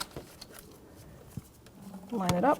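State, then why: Not seated. A plastic wiring harness connector is picked up and lined up with a new throttle position sensor on a 1997–2006 Jeep Wrangler 2.4L L4, before it is pushed on. Brief light handling taps come at about 0.0, 0.4, 0.6 and 1.7 s, and someone talks near the end. Nothing has seated or clicked yet.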